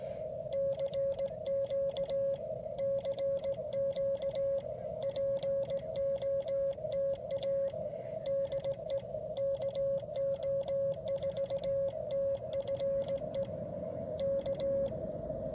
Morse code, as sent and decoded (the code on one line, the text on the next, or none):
-.-. --.- / -.-. --.- / .--. --- - .- / -.. . / -.- --- ....- - ..-. . / -.-
CQ CQ POTA DE KO4TFE K